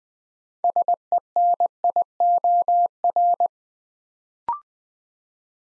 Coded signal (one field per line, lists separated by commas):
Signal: Morse code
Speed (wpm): 20 wpm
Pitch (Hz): 700 Hz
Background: none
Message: SENIOR